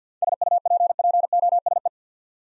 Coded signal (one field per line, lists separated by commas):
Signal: Morse code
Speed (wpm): 47 wpm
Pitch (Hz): 700 Hz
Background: none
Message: SUPPOSE